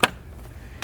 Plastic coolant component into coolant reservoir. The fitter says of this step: downward and then click into place. And then